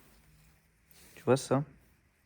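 A plastic wiring connector is handled next to its locking clip on a Léon 1M car while a cruise control is being fitted. Faint handling ticks come at about 0.9 s and 1.2 s, and then someone talks briefly. Nothing has seated or clicked into the lock yet.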